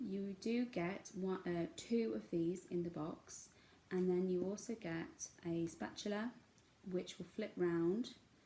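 Someone talks while handling a craft tool whose reversible spatula end is being flipped round, ready to be pushed back into its handle so it locks into place as a pricking tool. Only speech is heard, and the tip has not yet seated or clicked into the handle by the end.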